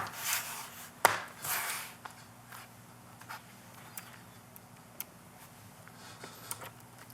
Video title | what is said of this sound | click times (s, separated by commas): Dell 3110 2-in-1 Motherboard Repair - Step-by-Step Disassembly and Replacement. | place it back on, pressing until you hear every click. | 1.0 s, 2.1 s, 4.0 s, 5.0 s, 6.5 s